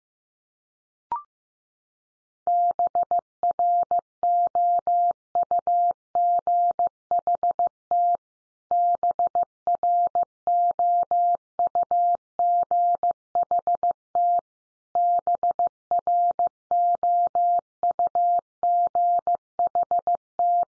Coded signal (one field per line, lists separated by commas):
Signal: Morse code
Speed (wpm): 14 wpm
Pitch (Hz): 700 Hz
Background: none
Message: BROUGHT BROUGHT BROUGHT